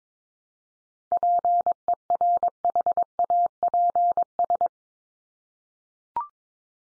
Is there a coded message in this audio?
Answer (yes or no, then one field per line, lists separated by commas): yes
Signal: Morse code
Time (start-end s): 1.1-4.7 s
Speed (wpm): 22 wpm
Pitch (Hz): 700 Hz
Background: none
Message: PERHAPS